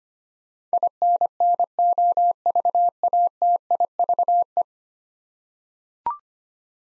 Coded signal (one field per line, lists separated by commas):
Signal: Morse code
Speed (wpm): 25 wpm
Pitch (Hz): 700 Hz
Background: none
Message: INNOVATIVE